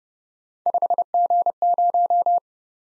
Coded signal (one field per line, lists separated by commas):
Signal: Morse code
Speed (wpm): 29 wpm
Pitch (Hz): 700 Hz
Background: none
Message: 5G0